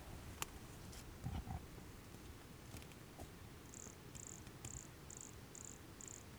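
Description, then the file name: Brachycephalus sulfuratus call: after a few faint clicks, a series of six short, high-pitched notes, evenly repeated about twice a second. Recorded near Jurupara dam on 29 September 2016; the animal was not collected. "Brachycephalus sulfuratus near Jurupara dam not collected 29 set 2016 MRBornschein"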